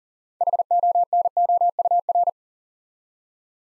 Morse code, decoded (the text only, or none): HONOUR